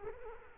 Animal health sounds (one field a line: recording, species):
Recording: mosquito wingbeat signal from an infrared sensor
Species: Culex quinquefasciatus